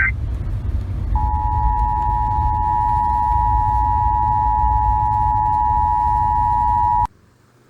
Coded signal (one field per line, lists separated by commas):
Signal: Emergency Alert System (SAME) tones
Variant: 853 and 960 Hz attention tone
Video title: NOAA Weather Radio Weekly Tests (EAS #1268-1272)